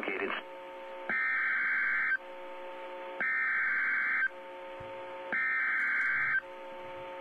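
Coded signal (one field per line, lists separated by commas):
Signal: Emergency Alert System (SAME) tones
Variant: header bursts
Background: speech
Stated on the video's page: Flash Flood Warning received from NOAA Weather Radio WXL86 Spokane, WA.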